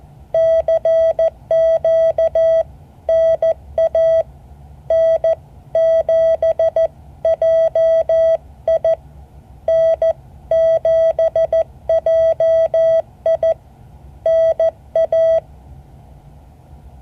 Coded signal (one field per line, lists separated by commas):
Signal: Morse code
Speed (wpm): 14 wpm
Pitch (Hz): 650 Hz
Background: none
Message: CQ NA N7JI N7JI NA